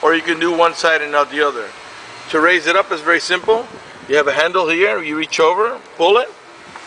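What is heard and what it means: Someone talks while pulling the handle on a folded third-row seat back in a 2008 Buick Enclave CXL and raising it toward its upright seat latch. The clip ends just before the seat back goes home, so nothing has seated or clicked yet.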